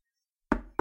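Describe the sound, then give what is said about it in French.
Two light knocks on a library door, a quick pair of dull wooden raps with the second following shortly after the first, then nothing else. “On frappa un léger coup à la porte de la bibliothèque et, pâle comme un habitant de la tombe, un domestique entra sur la pointe des pieds.”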